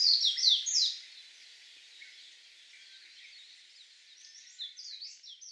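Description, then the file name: Warbling white-eye twittering: a short loud run of sharp, descending high notes, then softer chattering phrases fading in and out over steady hiss. Recorded at Miyake on 16 May 2016. "mejiro miyake kuroda"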